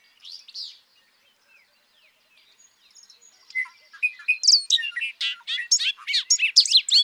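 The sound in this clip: Bobolink song: a few quiet notes, then a rapid, rollicking run of bright, metallic, up-and-down notes growing louder toward the end.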